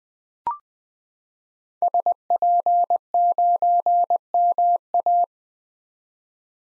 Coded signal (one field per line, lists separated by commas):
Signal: Morse code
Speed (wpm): 20 wpm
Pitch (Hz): 700 Hz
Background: none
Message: SP9MA